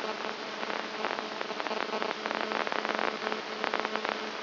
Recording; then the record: brain microelectrode recording played as sound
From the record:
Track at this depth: outside the subthalamic nucleus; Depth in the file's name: 1.241 mm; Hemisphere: left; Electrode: 2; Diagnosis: Parkinson's disease